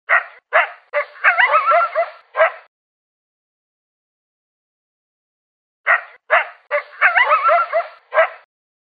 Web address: Coyote Barking